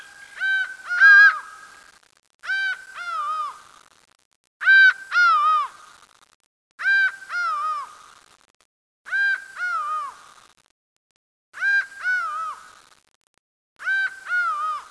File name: laughing falcon